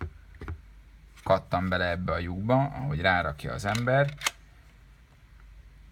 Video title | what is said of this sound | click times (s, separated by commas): Lost Vape - Therion - Unboxing!! | ez a pöcök kattan | 0.0 s